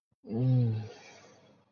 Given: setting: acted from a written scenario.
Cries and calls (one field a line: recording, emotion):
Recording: vocal sound without words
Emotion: desire